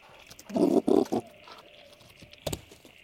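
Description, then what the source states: Brush-tailed possum grunting, three harsh throaty bursts in quick succession, then a sharp short noise later, over a steady insect-like hum and faint whistled tones. Several possums, grunting, in the woods.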